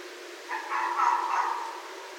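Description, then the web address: Red fox uttering one rasping, drawn-out bark of roughly a second, coarse and uneven in tone, with soft background hiss. Recorded on 31 December 2011. "Red Fox 2011 12 31"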